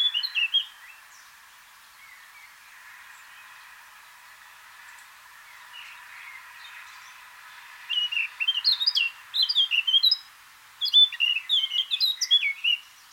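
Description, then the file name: Eurasian blackcap gives a brief burst of warbling, then after a long quiet stretch with only faint notes, two more bursts of quick, varied warbling. "Sylvia atricapilla"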